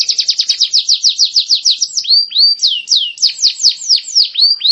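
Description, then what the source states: Canary song, a quick series of downslurred whistles that slows into longer looping, swooping notes, steady and high-pitched with no other sounds. Champion singer.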